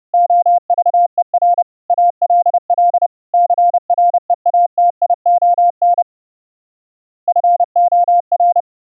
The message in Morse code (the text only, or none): OVER ALL CREATION FOR